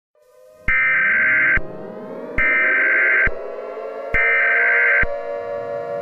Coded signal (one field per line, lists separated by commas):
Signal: Emergency Alert System (SAME) tones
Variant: header bursts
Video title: EAS Mini Scenario - Crisis City